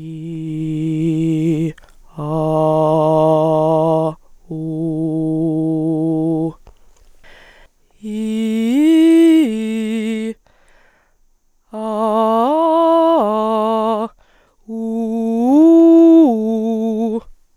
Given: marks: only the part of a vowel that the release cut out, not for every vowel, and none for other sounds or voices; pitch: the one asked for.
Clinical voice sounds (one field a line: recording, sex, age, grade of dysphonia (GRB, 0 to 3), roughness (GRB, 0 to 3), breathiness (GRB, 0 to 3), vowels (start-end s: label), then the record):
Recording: sustained vowels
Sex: female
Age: 20 to 29 years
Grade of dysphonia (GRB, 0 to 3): 0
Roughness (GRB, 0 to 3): 0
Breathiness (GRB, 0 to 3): 0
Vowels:
0.22-1.55 s: vowel /i/, low pitch
2.38-4.00 s: vowel /a/, low pitch
4.72-6.40 s: vowel /u/, low pitch
8.17-10.15 s: vowel /i/, low-high-low pitch
11.85-12.41 s: vowel /a/, low-high-low pitch
14.89-16.83 s: vowel /u/, low-high-low pitch
From the record:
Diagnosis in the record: dysodia (singing voice disorder)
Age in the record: 21 years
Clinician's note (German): Bei Gesangsstimme und akutem Infekt